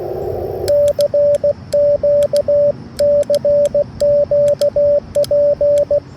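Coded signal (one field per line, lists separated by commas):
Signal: Morse code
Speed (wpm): 16 wpm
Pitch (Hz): 580 Hz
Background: radio noise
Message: CQ CQ P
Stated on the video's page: Portable QRP CW setup using a 705 transceiver.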